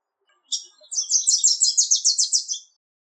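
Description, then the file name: Wilson's warbler song: a rapid, high-pitched chatter of about a dozen bright, sharp notes running evenly for about two seconds. "Wilsons Warbler"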